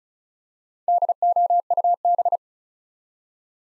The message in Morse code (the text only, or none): DOUB